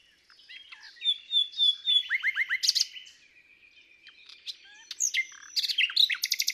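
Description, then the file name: Common nightingale song: whistled notes and a quick set of downslurred chirps, a pause with soft thin sounds, then bursts of rapid buzzy trills. "Luscinia megarhynchos"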